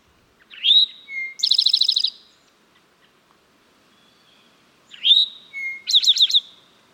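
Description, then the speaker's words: Eastern Towhee song, twice: a short rising note, a lower whistle, then a fast buzzy trill lasting under a second; clean background with no other sounds. Male combining his chewink call into his song. "Sometimes male Towhees will combine their chwink call into their song."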